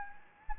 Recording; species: mosquito wingbeat signal from an infrared sensor; Anopheles gambiae